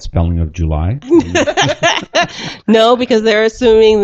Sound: laughing